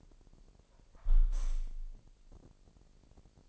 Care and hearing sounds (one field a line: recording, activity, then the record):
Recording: daily activity, microphone in the room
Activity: close window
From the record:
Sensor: 5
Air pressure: 1000.0 hPa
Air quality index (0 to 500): 246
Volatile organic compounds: 33 ppm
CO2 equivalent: 3020 ppm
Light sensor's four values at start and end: 34/80/32/31 and 34/80/32/31